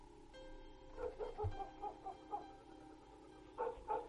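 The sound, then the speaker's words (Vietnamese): A dog barks and yips faintly in short, scattered bursts, fairly high-pitched, with a brief pause before a final pair of barks. No one speaks. “Có tiếng chó cắn ma nhấm nha nhấm nhẳng ở đâu đó vang lên.”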